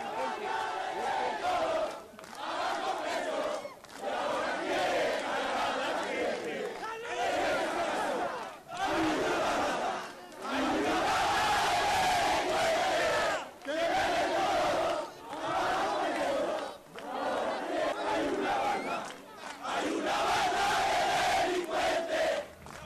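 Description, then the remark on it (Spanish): A large crowd of protesters shouts and shrieks in loud, sustained waves of overlapping voices, broken by brief lulls every few seconds before the roar surges back. “Y vamos a poner en funcionamiento todo lo que nos da la Constitución, la justicia, la policía, y si es necesario, vamos a reprimir esos que chillan, que sigan chillando.”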